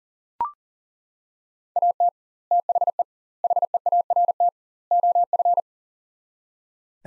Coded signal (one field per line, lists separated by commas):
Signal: Morse code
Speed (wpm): 40 wpm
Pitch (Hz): 700 Hz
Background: none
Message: AT THE HEART OF